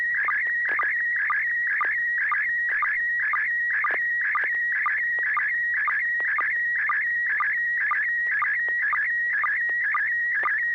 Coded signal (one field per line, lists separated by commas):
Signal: SSTV (slow-scan television)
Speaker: Joel if you want to kick off the first uh picture transmission go right ahead